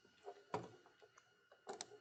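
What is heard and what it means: Two black plastic LEGO Technic locking pins are pressed fully through the top hole into a white LEGO Technic piece until they lock, giving two sharp clicks at 0.6 s and 1.8 s. Softer handling taps occur between the clicks, and both pins snap home, seated.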